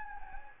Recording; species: mosquito wingbeat signal from an infrared sensor; Anopheles gambiae